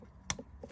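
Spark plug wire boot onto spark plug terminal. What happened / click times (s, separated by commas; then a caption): The rubber boot snapped onto the plug terminal / 0.3 s. A greased rubber spark plug wire boot is pressed onto the terminal of spark plug number 4 on a 1988-1995 Toyota Pickup/4Runner during a tune-up. It snaps on with a sharp, bright click at 0.3 s, followed by two fainter ticks of handling against low background noise. The boot is seated on the plug.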